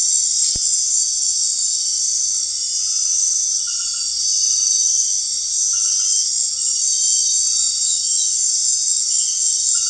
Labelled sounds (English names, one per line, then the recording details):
none
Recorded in secondary vegetation near Puerto Asís, Putumayo, Colombia, on 19 March 2025 at 19:30
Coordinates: 0.499, -76.323
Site G094